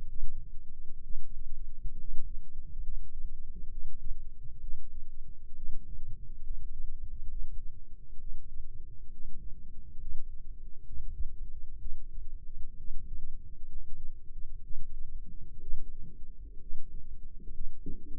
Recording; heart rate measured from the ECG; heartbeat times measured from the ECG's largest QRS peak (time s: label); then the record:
heart sounds by microphone in the left ear; 65 bpm
0.05 s: heartbeat
1.00 s: heartbeat
1.95 s: heartbeat
2.80 s: heartbeat
3.67 s: heartbeat
4.58 s: heartbeat
5.53 s: heartbeat
6.40 s: heartbeat
7.26 s: heartbeat
8.16 s: heartbeat
9.09 s: heartbeat
9.96 s: heartbeat
10.82 s: heartbeat
11.76 s: heartbeat
12.75 s: heartbeat
13.65 s: heartbeat
14.60 s: heartbeat
15.58 s: heartbeat
16.57 s: heartbeat
17.50 s: heartbeat
From the record:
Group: healthy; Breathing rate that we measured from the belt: 16 breaths a minute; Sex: female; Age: 22 years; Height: 154 cm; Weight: 58.7 kg